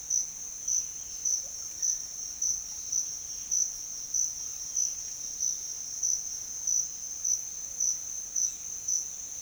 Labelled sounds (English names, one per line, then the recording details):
none
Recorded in pastures near Puerto Asís, Putumayo, Colombia, on 28 February 2025 at 07:30
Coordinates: 0.502, -76.324
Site GP07